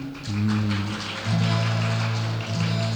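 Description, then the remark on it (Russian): A concert audience at Voenmekh in 1984 applauds as a count on stage reaches twenty-one: a steady, dense burst fills all three seconds, loud and continuous, with a low sustained hum or cheering tone running beneath the clapping. “Почему вы хлопаете на число 21?”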